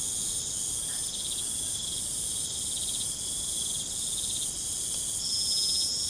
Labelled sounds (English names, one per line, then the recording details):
none
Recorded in pastures near Puerto Asís, Putumayo, Colombia, on 22 June 2025 at 20:30
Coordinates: 0.472, -76.331
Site G095